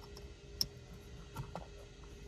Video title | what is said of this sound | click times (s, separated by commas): Making a Self Driving 2016-2022 Toyota Prius (w/Comma OpenPilot)…and test drive | notice how it just clicks into place | 0.6 s